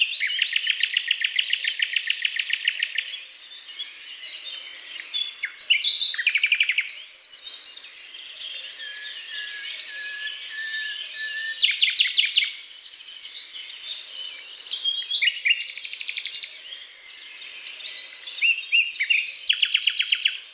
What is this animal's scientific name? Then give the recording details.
Luscinia megarhynchos. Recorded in the wild. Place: Waltershofen / Freiburg im Breisgau, Baden-Württemberg, DE. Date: 2005-05-12. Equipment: Minidisc Sony MZ-R35, Telinga DAT, Telinga-Parabolspiegel. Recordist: Schwarz, Dieter